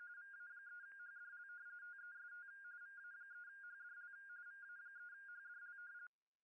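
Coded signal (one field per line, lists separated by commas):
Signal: RTTY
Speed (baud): 45.45 baud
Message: VA3HDL TEST VA3HDL VA3HDL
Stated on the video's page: RTTY generated with FLdigi on an FT-991A, monitored on an SDR receiver during ALC, digital gain and RF power experiments.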